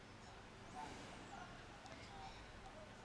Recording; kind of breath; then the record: one breath in and out by a microphone near the nose and mouth; deep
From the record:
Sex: male